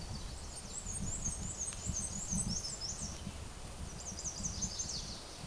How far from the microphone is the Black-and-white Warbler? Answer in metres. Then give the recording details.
about 25 m. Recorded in a Pennsylvania forest on 17 May 2023 at 13:08. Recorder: AudioMoth, point grid1_28_low. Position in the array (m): 86 m, 94 m